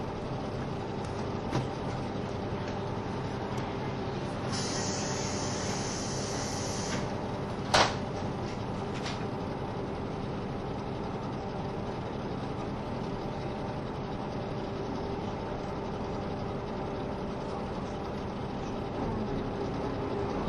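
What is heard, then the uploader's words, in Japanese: A Yufuin no Mori KiHa 72 diesel train runs steadily, with a constant low rumble and a faint hum of tones over it. A high hiss rises briefly around five to seven seconds, then a sharp knock lands near eight seconds, followed by a softer click. 配信は、JR九州キハ72系 ゆふいんの森06号02 うきは～博多です。走行音。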